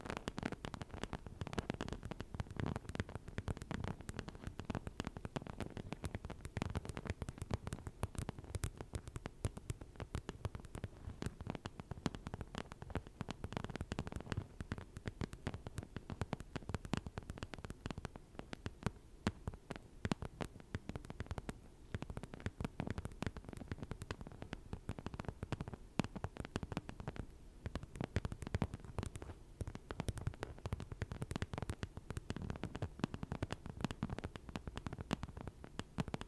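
Tapping fills the whole stretch, a dense, steady run of quick, sharp clicks with no real pauses. The taps land close together and fairly evenly, each bright and crisp, over a soft low hum that stays constant throughout.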